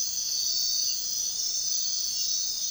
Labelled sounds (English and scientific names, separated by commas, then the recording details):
none
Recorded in dense forest near Puerto Asís, Putumayo, Colombia, on 13 March 2025 at 03:30
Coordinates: 0.499, -76.324
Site GP03